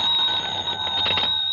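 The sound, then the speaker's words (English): An office telephone bell rings in one continuous, shrill metallic trill, high-pitched and fairly loud, with no voices over it. “When I get back to my office, the phone...”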